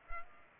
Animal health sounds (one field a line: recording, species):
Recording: mosquito wingbeat signal from an infrared sensor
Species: Culex pipiens